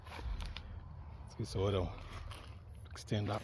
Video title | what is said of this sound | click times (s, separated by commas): Clostnature 2 person and Ozark Trail 6 person Instacabin Tents | and then extend it until this clip clip clicks. | 0.6 s